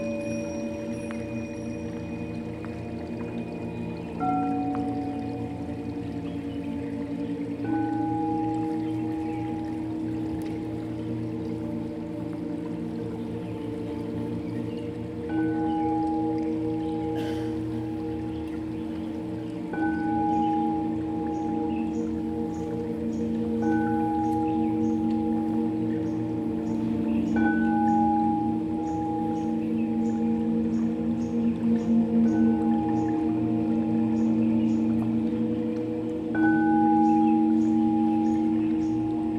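Crystal bowls ring in long, sustained tones that overlap into a dense, steady drone. New notes enter roughly every four seconds, each swelling and holding, with a low hum underneath and faint bright shimmering overtones above. The sound grows slightly fuller toward the end.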